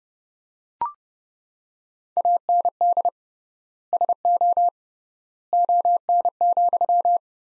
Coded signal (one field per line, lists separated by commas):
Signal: Morse code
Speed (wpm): 31 wpm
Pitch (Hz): 700 Hz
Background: none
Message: AND SO ON,